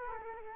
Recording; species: mosquito wingbeat signal from an infrared sensor; Culex quinquefasciatus